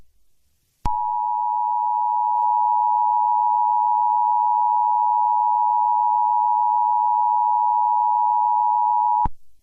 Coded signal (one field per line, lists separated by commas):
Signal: Emergency Alert System (SAME) tones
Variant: 853 and 960 Hz attention tone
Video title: EAS Scenario #19: ALCATRAZ: the Ship of Theseus.